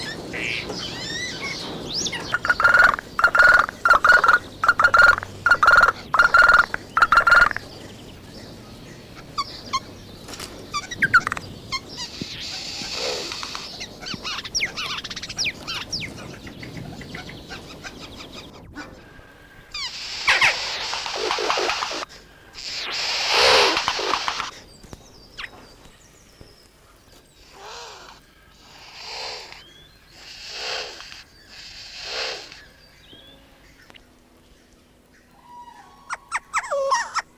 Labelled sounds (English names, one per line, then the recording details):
Eurasian Jay call
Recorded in captivity
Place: Vogelpark Walsrode, Niedersachsen, DE
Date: 1986-03-17
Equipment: Halbspur, 9,5 cm/s
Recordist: Lütgens, Hans